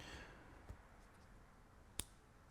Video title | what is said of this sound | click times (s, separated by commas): HOW TO REMOVE CARDBACK + UNBOXING - Star Wars The Vintage Collection | even the way it clicks in, I hope you can hear it. | 2.0 s